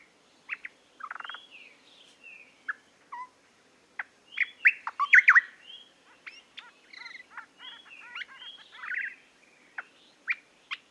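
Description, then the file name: Eastern nicator song: varied jumble of sharp whistles, slurred notes and chatters, coming in irregular bursts with brief quiet gaps. "British Library - Eastern Nicator Nicator gularis"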